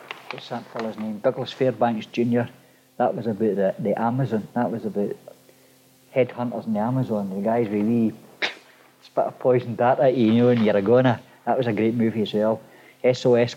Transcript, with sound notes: what's that fella's name, Douglas Fairbanks Junior, that was about the Amazon, that was about head-hunters in the Amazon, the guys with wee [makes spitting noise] spit a poisoned dart at you, you know, and you're a goner! That was a great movie as well. S.O.S.